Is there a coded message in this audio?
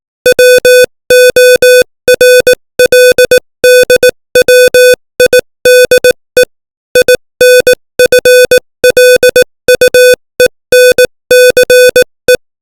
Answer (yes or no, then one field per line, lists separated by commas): yes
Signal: Morse code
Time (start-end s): 0.3-12.4 s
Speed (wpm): 18 wpm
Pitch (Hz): 500 Hz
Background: music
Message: WORLDWIDE INFLUENCE